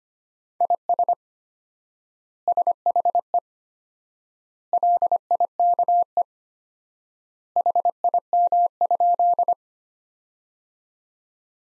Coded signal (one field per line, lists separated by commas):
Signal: Morse code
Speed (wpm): 25 wpm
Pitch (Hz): 700 Hz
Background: none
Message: IS SHE LIKE HIM?